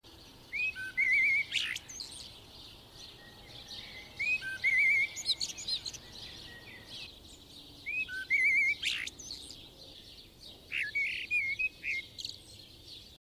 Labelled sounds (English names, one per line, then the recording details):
Common Blackbird song
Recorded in the wild
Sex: male
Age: adult
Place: Erlangen, Bayern, DE
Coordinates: 49.5811, 11.0081
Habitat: urban area
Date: 1965-05-14
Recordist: Tretzel, Erwin
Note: Albert-Rupp-Straße (nahe Garage): Männchen: Gesang (Strophenauswahl)